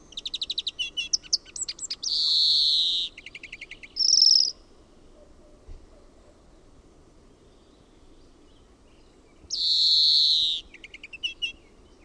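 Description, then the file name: European greenfinch singing rattling trills and twitters with a drawn-out nasal wheeze, a long pause, then another long wheeze followed by more chirping. "VIHERPEIPPO"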